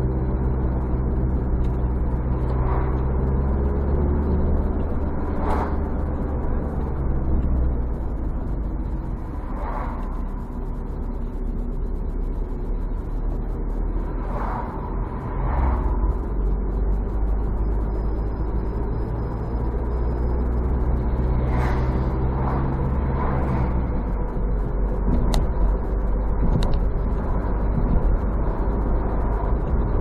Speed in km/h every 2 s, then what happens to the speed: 47, 46, 54, 52, 36, 24, 25, 31, 36, 40, 45, 49, 50, 51, 54.
0-5 steady at about 47. 5-11 brakes to 24. 11-30 speeds up to 54.